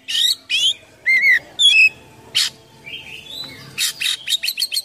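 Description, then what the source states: Oriental magpie-robin song: loud slurred whistles and buzzy notes, a rising drawn-out whistle, then a quick series of sharp clicks. Full song with rich imitations, called gacor full isian in Indonesian, described as mewah (luxurious).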